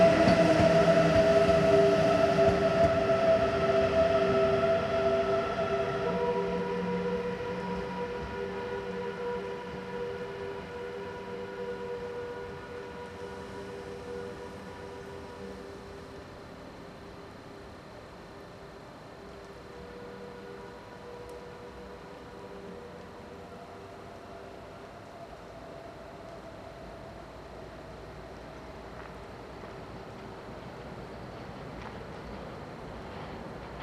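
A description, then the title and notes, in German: A locomotive-hauled train passes, its steady horn-like tones and rumble strongest at first, then fading over the next fifteen seconds to a low hum. LOKZUG BLS RE 465 07 09 BALS 486 TRAXX BOMBARDIER.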